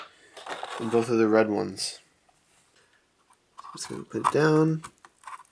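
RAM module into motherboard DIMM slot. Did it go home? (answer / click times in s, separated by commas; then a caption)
no / none. Someone talks while handling a desktop RAM module, getting it ready to be pressed down into a motherboard DIMM slot, with a few faint handling sounds between the speech. The module has not seated and the retention latch has not snapped closed yet.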